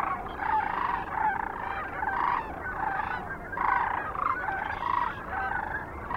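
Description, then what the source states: Sandhill Cranes bugling together, rolling rattled calls repeated in clustered bursts over a dense background chorus of the flock. Recorded 9 March 2004 near Kearney, Nebraska, USA, with other sounds.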